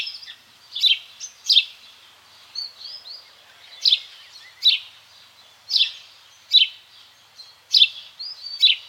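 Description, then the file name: House sparrow calling with repeated loud chirps at uneven intervals, softer twittering notes between them, against a quiet hiss. "Passer domesticus"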